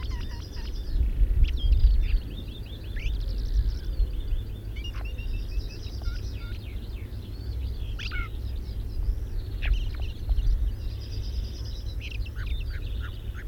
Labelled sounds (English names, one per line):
Ring Ouzel song